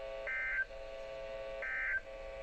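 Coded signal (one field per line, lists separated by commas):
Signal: Emergency Alert System (SAME) tones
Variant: end-of-message bursts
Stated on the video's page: Flash flood warnings from two weather radio stations and an FM broadcast station.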